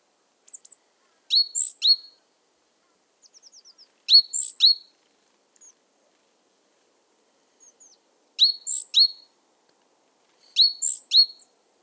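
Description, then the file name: Great tit calling in short clipped phrases of two or three sharp notes, repeated four times at irregular intervals, with a few faint ticks between. "Parus major"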